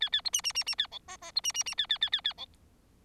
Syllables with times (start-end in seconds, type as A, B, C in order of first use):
0.00-0.09 A, 0.12-0.21 A, 0.24-0.30 B, 0.33-0.41 C, 0.43-0.53 C, 0.55-0.64 C, 0.66-0.75 C, 0.78-0.87 A, 0.91-0.99 D, 1.08-1.17 E, 1.21-1.31 E, 1.35-1.41 B, 1.43-1.52 C, 1.54-1.63 C, 1.66-1.75 C, 1.77-1.86 A, 1.89-1.98 A, 2.01-2.10 A, 2.12-2.21 A, 2.24-2.33 A, 2.37-2.46 D